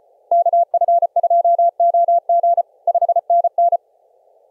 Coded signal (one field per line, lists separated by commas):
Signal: Morse code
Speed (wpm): 34 wpm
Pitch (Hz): 690 Hz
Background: none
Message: KF2OG 5NN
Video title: Clipperton Island on 10 meters CW